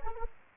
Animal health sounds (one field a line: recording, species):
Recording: mosquito wingbeat signal from an infrared sensor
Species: Anopheles gambiae